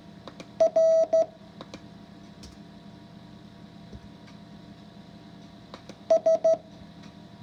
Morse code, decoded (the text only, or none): R S